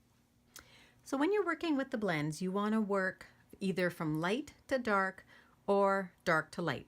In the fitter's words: So make sure that you just keep that lid on when it's not in use and that you hear that snap when you put them back.